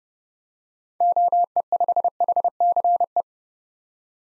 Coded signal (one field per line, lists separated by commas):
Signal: Morse code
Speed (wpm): 31 wpm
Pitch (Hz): 700 Hz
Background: none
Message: OE5HCE